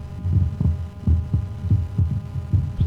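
Regular paired lub-dub thumps, about 85 a minute, over a low steady hum: normal adult heart sounds heard by stethoscope with the chest piece slightly to the left of the centre of the chest. The first sound is relatively long and bounding.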